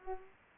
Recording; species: mosquito wingbeat signal from an infrared sensor; Culex pipiens